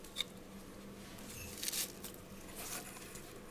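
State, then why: Not seated. A signal cable connector is handled at the socket of a Nucular motor controller on a Talaria XXX electric motorcycle, ready to be pushed fully in. There is a short sharp tick at 0.2 s, a brief scraping rustle around 1.6–1.8 s, and soft handling noise after that. The plug has not seated or clicked into the controller yet.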